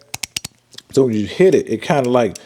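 The articulating head of a 1/4 inch Power Built flex-head ratchet, part number 649951, is swung through its detent joint, giving short sharp metallic clicks at 0.1, 0.2, 0.4 and 0.5 seconds, then a couple of fainter taps near 0.7–0.8 seconds. The head seats into its detent positions; it doesn't truly lock but sets in place and holds its angle. Someone then talks.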